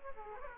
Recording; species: mosquito wingbeat signal from an infrared sensor; Aedes aegypti